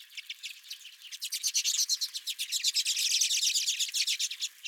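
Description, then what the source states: Redpolls chattering, a steady stream of fast dry chips, about three per second, building louder through the middle. Redpolls at the recordist's feeder.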